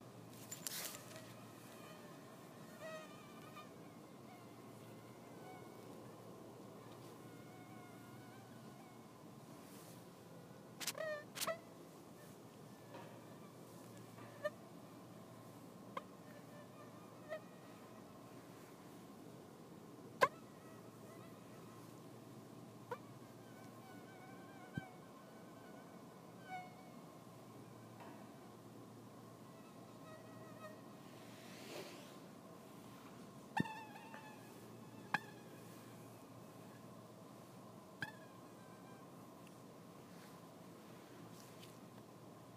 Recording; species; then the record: mosquito flight sound by mobile phone; Anopheles stephensi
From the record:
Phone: iPhone 6